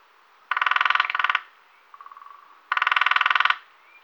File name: lesser spotted woodpecker